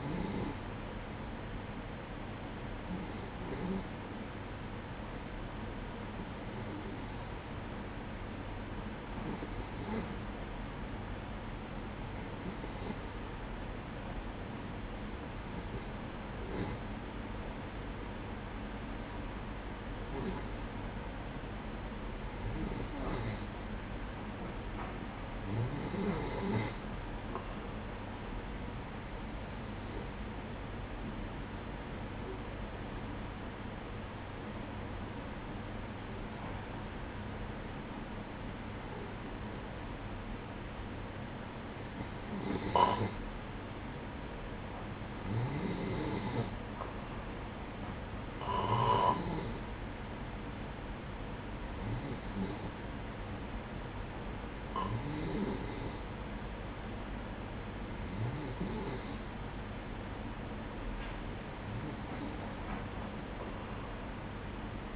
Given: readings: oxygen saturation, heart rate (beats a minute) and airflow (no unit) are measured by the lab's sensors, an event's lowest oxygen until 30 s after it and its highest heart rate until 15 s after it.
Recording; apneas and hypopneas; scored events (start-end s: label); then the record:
breathing in sleep by a voice recorder at the bedside; 1
4.00-42.90 s: hypopnea (N3, oxygen 95% highest, then 91% lowest, heart rate 62 at the start, 64 highest)
6.00-64.95 s: new sleep stage, N2 (light sleep)
From the record:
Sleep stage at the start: N3 (deep sleep); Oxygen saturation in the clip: 91 to 95%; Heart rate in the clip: 58 to 66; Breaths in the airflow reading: 20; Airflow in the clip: -8.4 to 7.7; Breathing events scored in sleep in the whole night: 180 in 6.7 hours asleep